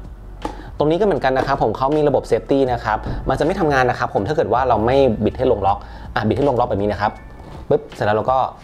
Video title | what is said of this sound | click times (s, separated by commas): มะยงชิดชีสพาย & มะยงชิดสมูทตี้ เปลี่ยนเป็นมะม่วงสุกแทนได้ ทำขนม Ep.24 | ครับผมก็ติดลงไปนะครับหมุนให้เข้าล็อคนะครับผมเท่าเราจะดังกึ๊กนิดนึงนะครับแล้วเราก็นำขึ้นเครื่องปั่นได้เลยตรง | 0.5 s